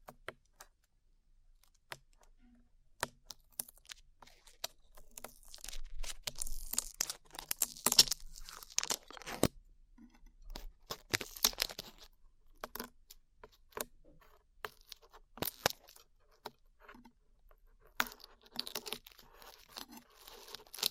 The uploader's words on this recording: ASMR Peeling Glue Off Your Ears (No Talking).